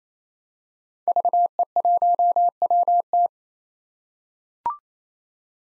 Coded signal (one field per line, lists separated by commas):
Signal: Morse code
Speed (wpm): 28 wpm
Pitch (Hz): 700 Hz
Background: none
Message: VE1WT